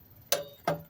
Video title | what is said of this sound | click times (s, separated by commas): Sharing a VLOG from my morning... 😇 | hear that that means that's 35 foot- PB | 0.3 s, 0.7 s